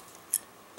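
The metal magazine adapter piece for a 200 to 400 foot magazine is unlatched from an Arriflex 16S film camera body, and it comes undone with one sharp, bright click at 0.3 s. A much fainter tick follows at 0.8 s over a quiet background, leaving the adapter piece released from the camera.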